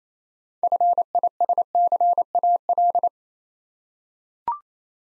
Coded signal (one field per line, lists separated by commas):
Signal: Morse code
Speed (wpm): 28 wpm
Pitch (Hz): 700 Hz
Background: none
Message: FISCAL